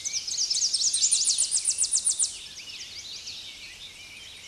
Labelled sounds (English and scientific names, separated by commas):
Tennessee Warbler (Leiothlypis peregrina) song